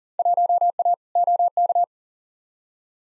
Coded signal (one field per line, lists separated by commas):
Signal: Morse code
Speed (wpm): 37 wpm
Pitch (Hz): 700 Hz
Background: none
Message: 1A OK